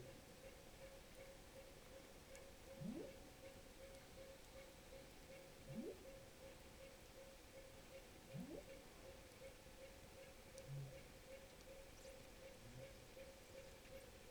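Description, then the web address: Rorqual calls: three short rising upsweeps roughly three seconds apart, over a steady tonal hum and continuous background noise. Recorded in Norway on 5 January 2023 at 01:22. "rorqual Norvege 20230105 012231"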